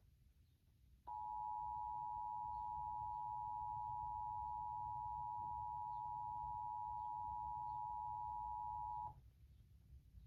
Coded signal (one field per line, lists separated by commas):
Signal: Emergency Alert System (SAME) tones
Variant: 853 and 960 Hz attention tone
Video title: WPVI-TV Emergency Alert System Required Monthly Test in PA (EAS #156)